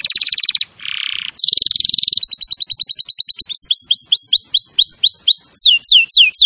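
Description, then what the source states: Canary song: dense buzzy trills shifting pitch, then rolling runs of fast notes and a series of looping downward-sweeping whistles. Singing in the lively 'gacor' style.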